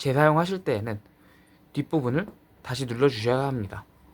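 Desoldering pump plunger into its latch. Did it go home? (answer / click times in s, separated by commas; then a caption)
no / none. The spring plunger of a handheld desoldering pump is being handled, to be pushed back down into its latch so it is ready for reuse. Only someone talking is heard, with no click or other sudden sound. The plunger has not latched yet, and nothing has seated.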